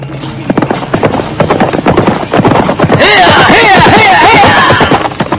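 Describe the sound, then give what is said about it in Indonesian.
Rapid, rhythmic hoofbeats of a galloping horse with a rider, heading out of the royal city at nightfall, pound steadily and loudly, with a burst of brighter, harsher sound layering over them partway through. “Dalam remangnya malam, nampak dari kejauhan sesosok penunggang kuda berlari menuju luar kota Raja Majapahit.”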